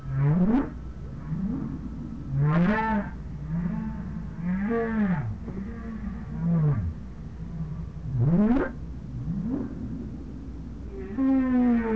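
Whale calls: a repeated series of sweeping moans and upswept whoops, some rising steeply, others arching down, every couple of seconds over a low rumble.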